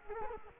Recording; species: mosquito wingbeat signal from an infrared sensor; Culex quinquefasciatus